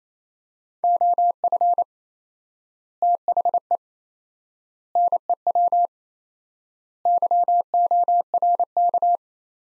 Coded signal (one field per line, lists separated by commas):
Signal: Morse code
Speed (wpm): 27 wpm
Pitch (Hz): 700 Hz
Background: none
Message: OF THE NEW YORK